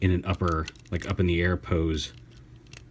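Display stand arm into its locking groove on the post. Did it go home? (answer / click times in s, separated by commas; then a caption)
yes / 2.8 s. Someone talks as the articulated arm of a plastic display stand for a TruForce Collectibles Designer Series Mega Man X figure is slid out a little and dropped into a small groove on the post. A soft tick comes at 2.7 s, then a sharper click at 2.8 s as the arm seats and locks in a horizontal position so it no longer swivels from the weight.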